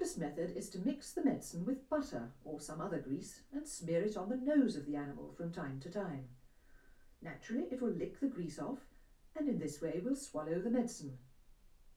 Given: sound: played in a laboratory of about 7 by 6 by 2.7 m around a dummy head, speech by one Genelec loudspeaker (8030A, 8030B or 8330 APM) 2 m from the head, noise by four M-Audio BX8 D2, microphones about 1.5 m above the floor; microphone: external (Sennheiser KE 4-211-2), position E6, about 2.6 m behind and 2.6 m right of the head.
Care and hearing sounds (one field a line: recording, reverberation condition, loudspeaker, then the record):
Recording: female speech in English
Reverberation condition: low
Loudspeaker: 60 degrees to the right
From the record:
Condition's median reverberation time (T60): about 310 ms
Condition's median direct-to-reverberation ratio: about 3.5 dB